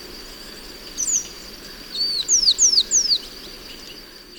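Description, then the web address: Olivaceous siskin calls, a quick series of thin high notes sliding downward, about five in two seconds, over a faint steady hiss. Ecuador. "Natures Songs S America Birds of Ecuador Olivaceous Siskin"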